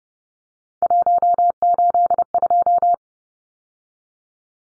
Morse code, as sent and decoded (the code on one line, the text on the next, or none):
.---- ---.. ..---
182